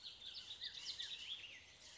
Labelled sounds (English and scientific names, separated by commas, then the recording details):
Bullock's Oriole (Icterus bullockii)
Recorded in Sonoma County, California